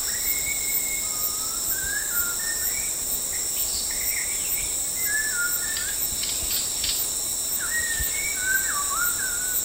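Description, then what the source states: White-rumped shama giving clear whistled phrases, some rising and falling, spaced throughout over a loud steady drone of insects. Recorded at Danum on 8 August 2009.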